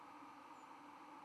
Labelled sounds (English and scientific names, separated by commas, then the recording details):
White-throated Sparrow (Zonotrichia albicollis) flight call
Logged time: 03:47 on 11 November 2014